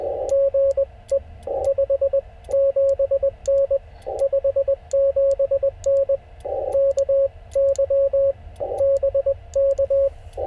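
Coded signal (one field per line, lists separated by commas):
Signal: Morse code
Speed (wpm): 19 wpm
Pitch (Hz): 560 Hz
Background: radio noise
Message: GE 57N 57N KY BK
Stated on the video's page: CW park activation pile-ups and DX after a solar storm, using an FT-891 and a 17-foot telescopic whip from a car.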